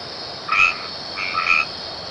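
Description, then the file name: White-edged treefrog giving two short notes, the second slightly doubled, over a steady high background hum. "Boana albomarginata"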